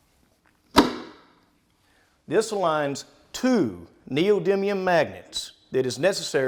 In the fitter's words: give it one more shove until you hear the second pop.